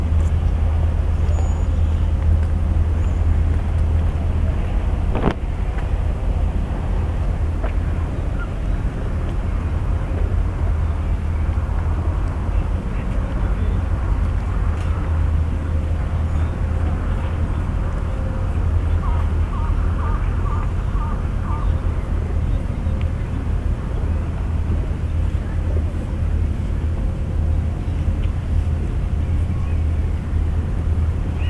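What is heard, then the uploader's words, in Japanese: Yokohama Port: a steady low engine rumble holds throughout, with a sharp click near five seconds and a brief chirping sound around twenty. とある日の横浜港。Mic: Mu6 Lifelike2。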